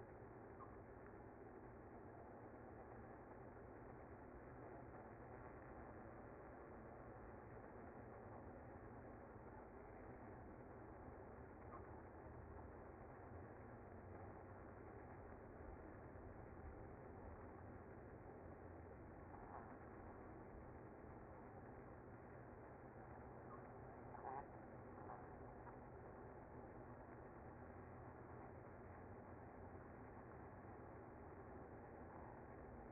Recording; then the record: honeybee colony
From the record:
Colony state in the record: active